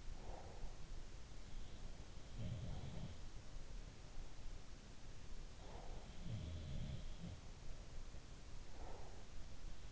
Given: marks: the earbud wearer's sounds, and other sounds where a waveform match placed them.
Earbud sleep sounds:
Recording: sounds in sleep by an in-ear microphone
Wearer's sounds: breath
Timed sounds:
0.00-1.24 s: breath
1.64-4.08 s: sound from someone else or the room
5.70-7.54 s: sound from someone else or the room
8.60-9.41 s: breath

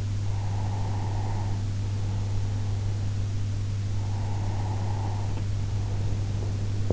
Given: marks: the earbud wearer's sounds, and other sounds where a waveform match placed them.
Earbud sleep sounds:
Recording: sounds in sleep by an in-ear microphone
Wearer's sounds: breath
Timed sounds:
0.26-3.20 s: breath
4.01-6.69 s: breath

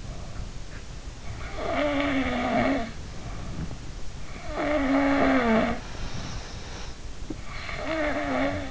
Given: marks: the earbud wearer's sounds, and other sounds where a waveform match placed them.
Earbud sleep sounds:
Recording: sounds in sleep by an in-ear microphone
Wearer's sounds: snoring breath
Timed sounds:
1.41-2.87 s: snoring breath
4.36-5.89 s: snoring breath
7.42-8.71 s: snoring breath

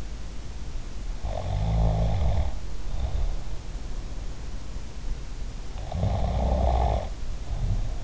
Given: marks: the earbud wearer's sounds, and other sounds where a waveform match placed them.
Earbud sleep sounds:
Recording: sounds in sleep by an in-ear microphone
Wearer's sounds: snoring breath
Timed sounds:
1.25-3.48 s: snoring breath
5.90-8.04 s: snoring breath

